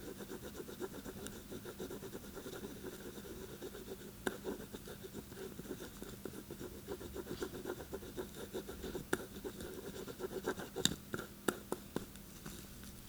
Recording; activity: daily activity, guitar pickup as the sensor; write